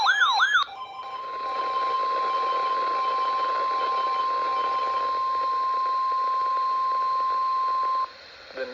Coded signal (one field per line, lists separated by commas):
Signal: Emergency Alert System (SAME) tones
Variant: 1050 Hz attention tone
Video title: KXI42 Severe Thunderstorm Watch #260. 6/1/26 EAS #646